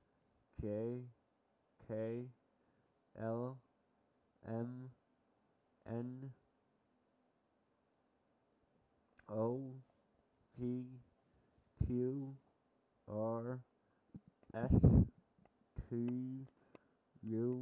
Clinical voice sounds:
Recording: letters of the alphabet, spoken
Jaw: constrained by a bite bar between the teeth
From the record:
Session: first day, right after the free take

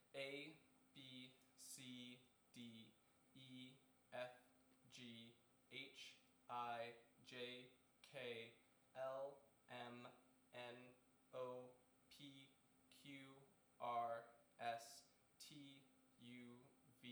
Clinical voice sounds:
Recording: letters of the alphabet, spoken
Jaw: free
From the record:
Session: seven days later

